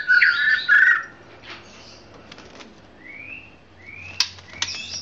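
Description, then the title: Oriental magpie-robin gives loud chattering bursts, then after a quiet spell a few clear rising whistles and sharp ticks. Chirping song of the magpie-robin. "Kicau Kacer"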